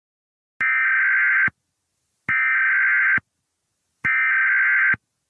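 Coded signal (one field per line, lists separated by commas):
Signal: Emergency Alert System (SAME) tones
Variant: header bursts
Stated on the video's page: Fictional EAS scenario.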